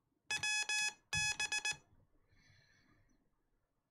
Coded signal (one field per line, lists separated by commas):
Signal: Morse code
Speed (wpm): 18 wpm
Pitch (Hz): 2550 Hz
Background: none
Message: WB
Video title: I Learned CW! (well not really, but I am trying) | Learning Morse Code!